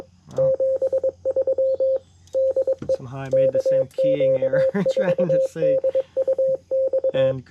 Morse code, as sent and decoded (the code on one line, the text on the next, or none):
--... ...-- / -.. . / -.- --.- ....- -.. ..- -..-
73 DE KQ4DUX